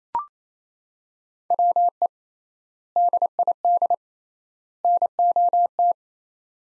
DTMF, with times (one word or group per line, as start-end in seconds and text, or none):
none